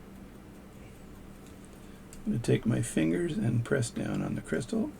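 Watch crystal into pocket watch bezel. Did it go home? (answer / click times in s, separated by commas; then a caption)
no / none. A watch crystal is set inside the bezel of an Elgin hunter pocket watch and lined up before being pressed down with the fingers, producing only faint handling ticks around 1.6 and 2.1 seconds. Someone then talks over the rest of the clip. Nothing has seated or clicked yet.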